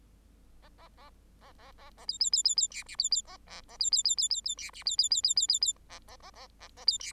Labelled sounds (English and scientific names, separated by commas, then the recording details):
Bengalese Finch (Lonchura striata domestica) song
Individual Bird8